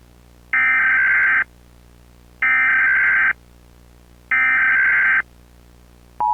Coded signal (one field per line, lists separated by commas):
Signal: Emergency Alert System (SAME) tones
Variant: header bursts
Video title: EAS Alert : "Look Outside"